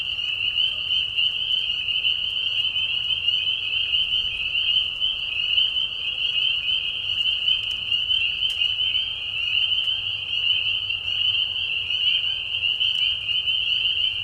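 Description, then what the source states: Many spring peepers whistling together, a steady high-pitched shimmering chorus. Many peepers giving mating calls in a marsh at night during a very short spring season; Tiny Marsh Conservation Area, Tiny, Ontario.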